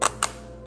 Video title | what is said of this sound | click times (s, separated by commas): 🔴 3D wooden puzzle: Coffee House Story. Part 4 (Completed) | Okay, there's a nice squish there. | 0.2 s